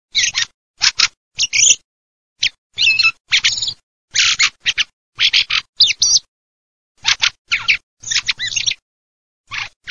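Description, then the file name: Fieldfare calls: harsh, rasping chack notes in quick clusters, broken by short silent gaps, repeated across the whole stretch. "CESENAALLU"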